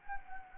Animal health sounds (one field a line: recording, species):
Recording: mosquito wingbeat signal from an infrared sensor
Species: Anopheles gambiae